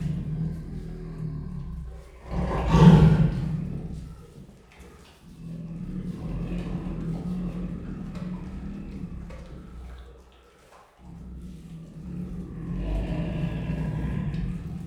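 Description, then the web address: Siberian tiger growling, a loud rough burst early on, then lower rumbling growls. Captive, in a zoo at Miskolc, recorded 2018, growling and snarling while eating. "miskolcizoo 2018 sziberiai tigris morogvahorogveesznek"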